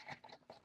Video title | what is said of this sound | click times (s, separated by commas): Powering On the 2GIG GC2e | it kind of snaps into place and | 0.5 s